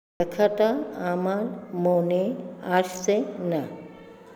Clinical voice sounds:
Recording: elicited speech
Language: Bengali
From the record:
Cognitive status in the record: dementia

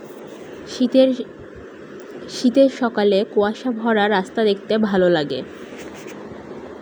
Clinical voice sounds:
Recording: elicited speech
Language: Bengali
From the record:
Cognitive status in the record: cognitively healthy

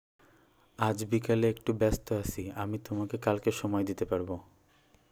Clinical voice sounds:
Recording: elicited speech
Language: Bengali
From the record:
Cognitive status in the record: cognitively healthy

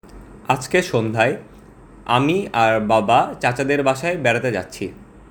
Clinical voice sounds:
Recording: elicited speech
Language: Bengali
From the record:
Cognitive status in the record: cognitively healthy

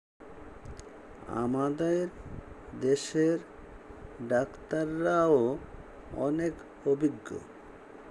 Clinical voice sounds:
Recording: elicited speech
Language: Bengali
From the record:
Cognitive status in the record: dementia

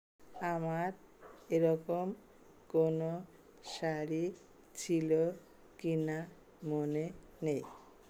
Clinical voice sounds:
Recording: elicited speech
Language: Bengali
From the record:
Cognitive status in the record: dementia

